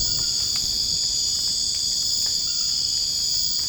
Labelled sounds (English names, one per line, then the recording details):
none
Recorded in dense forest near Puerto Asís, Putumayo, Colombia, on 27 June 2025 at 22:30
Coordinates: 0.481, -76.323
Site G072